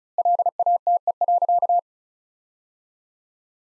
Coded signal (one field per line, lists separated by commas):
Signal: Morse code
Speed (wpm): 36 wpm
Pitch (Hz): 700 Hz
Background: none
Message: LATE.